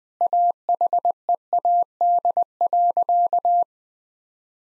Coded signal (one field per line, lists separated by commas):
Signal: Morse code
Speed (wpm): 20 wpm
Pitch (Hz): 700 Hz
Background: none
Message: AHEAD.